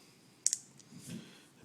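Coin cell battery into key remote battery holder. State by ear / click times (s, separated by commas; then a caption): seated / 0.5 s. A CR1616 coin cell, flipped to the correct polarity, is pushed against the battery contact of a Honda Accord key remote and seats in its holder. A sharp click at 0.5 s marks the cell popping into place, followed by a second, softer click and faint handling noise.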